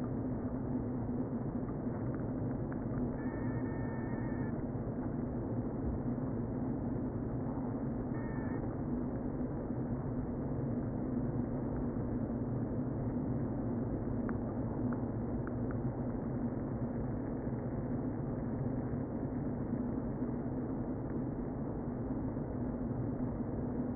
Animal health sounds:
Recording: honeybee colony, microphone inside the hive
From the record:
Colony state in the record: queen present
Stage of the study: before two queens were removed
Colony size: about 60,000 bees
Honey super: yes

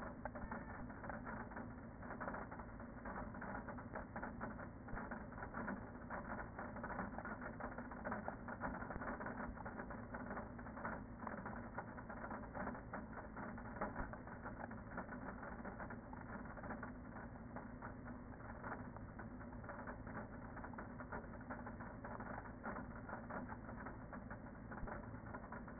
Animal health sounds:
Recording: honeybee colony, microphone inside the hive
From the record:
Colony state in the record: queen present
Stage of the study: after two queens were removed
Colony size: about 40,000 bees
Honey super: no

